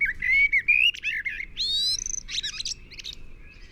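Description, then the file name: Common blackbird song phrase: a loud low fluted warble followed by a rising sweet whistle and a burst of high scratchy twittering. "Turdus merula"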